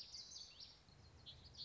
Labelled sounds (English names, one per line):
Common Yellowthroat